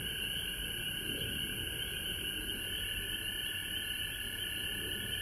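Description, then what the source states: Frogs trilling steadily in a high chorus, with a lower sustained tone running alongside and a couple of brief soft lower sounds. Recorded at home in Georgia on March 19, 2020.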